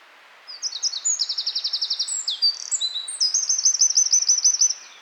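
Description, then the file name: Eurasian wren song, a single explosive phrase of rapid high-pitched trills and rattles lasting around four seconds over light background hiss. "Troglodytes troglodytes"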